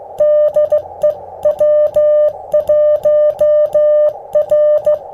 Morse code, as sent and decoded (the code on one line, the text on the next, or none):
-.. . / .-- .---- .-.
DE W1R